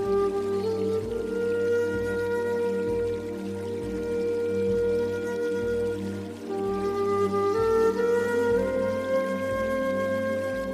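A soft flute plays long, held notes over a calm, steady bed of music, stepping gently upward to new pitches around the middle and again near the end. A low, pulsing tone throbs underneath at an even pace, while light trickling water runs quietly throughout.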